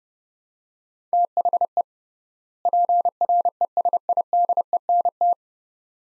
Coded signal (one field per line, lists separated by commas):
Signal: Morse code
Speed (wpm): 31 wpm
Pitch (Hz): 700 Hz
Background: none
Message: THE PRESIDENT